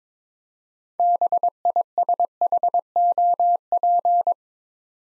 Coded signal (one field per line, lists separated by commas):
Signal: Morse code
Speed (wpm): 23 wpm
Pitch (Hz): 700 Hz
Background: none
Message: BISHOP